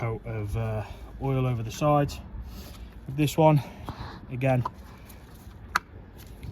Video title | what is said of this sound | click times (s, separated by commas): How to service ( oil, oil filter + air filter ) a Vauxhall Astra J | click it in nice and easy show you again you literally got your little grips just there | 5.8 s